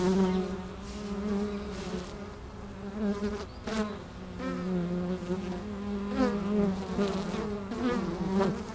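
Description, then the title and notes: Bees humming in a strong low buzz, individual bees darting by with wavering whines, the mass of sound rising and easing gently. Bees recorded with microphones placed at the hive entrance in the bee pavilion of Meise Botanical Garden, Belgium. "Plantentuin, Meise, Belgique - Abeilles - Bees. Meise, Jardin botanique. Pavillon des abeilles, micros placés à l'entrée de la ruche"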